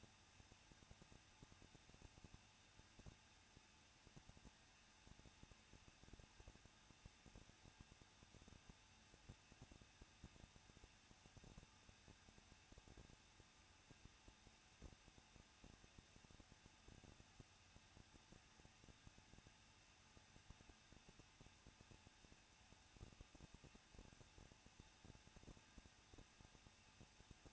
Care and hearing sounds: daily activity, microphone in the room; no activity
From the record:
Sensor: 2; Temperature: 21.0 degrees Celsius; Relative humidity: 37.4%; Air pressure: 1006.2 hPa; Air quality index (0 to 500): 222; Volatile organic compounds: 24 ppm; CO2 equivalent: 2816 ppm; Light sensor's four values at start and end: 2/3/2/2 and 2/3/2/2

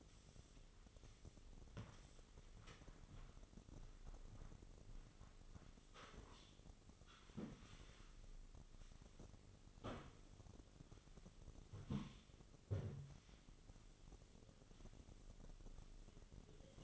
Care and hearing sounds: daily activity, microphone in the room; sweep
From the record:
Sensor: 4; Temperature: 26.8 degrees Celsius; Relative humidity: 28.1%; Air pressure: 996.7 hPa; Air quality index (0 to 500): 87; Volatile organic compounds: 4 ppm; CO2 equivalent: 1684 ppm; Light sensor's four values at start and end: 21/55/21/23 and 21/57/22/24

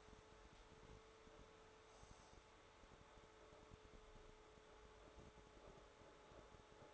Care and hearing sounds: daily activity, microphone in the room; make coffee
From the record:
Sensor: 3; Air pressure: 1014.7 hPa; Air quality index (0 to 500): 188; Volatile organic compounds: 20 ppm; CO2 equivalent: 2684 ppm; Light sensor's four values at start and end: 5/12/4/4 and 5/12/4/4

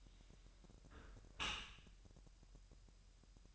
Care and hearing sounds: daily activity, microphone in the room; close dishwasher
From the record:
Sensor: 2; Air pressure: 1000.6 hPa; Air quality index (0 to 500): 246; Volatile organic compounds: 92 ppm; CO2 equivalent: 3702 ppm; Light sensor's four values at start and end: 9/22/9/9 and 9/22/9/9

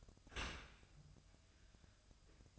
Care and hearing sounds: daily activity, microphone in the room; open dishwasher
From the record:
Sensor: 2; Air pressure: 1004.6 hPa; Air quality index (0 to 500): 104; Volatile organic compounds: 2 ppm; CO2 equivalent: 1258 ppm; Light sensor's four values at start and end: 6/15/6/6 and 6/15/6/6

